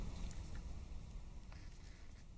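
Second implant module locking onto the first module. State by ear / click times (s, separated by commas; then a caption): not seated / none. A second interbody fusion implant module for the spine is slid down the tail of the first module using an insertion guide, heading toward locking onto the first module. Only a low, steady rumble is heard, with two faint, brief ticks at about 0.3 and 1.5 seconds. Nothing has seated or clicked yet.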